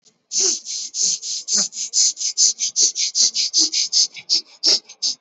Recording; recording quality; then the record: shallow breathing; excellent, no background noise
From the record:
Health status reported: healthy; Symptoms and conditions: none ticked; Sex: male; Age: 22 years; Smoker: not ticked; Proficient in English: yes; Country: India